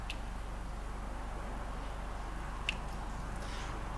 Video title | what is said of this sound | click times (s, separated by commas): Using AEMNet to tie my Wideband to my AQ-1 Datalogger | our connectors are nice and seated now | 2.7 s